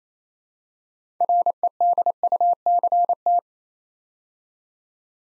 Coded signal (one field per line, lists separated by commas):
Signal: Morse code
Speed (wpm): 27 wpm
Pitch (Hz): 700 Hz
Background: none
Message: REDUCT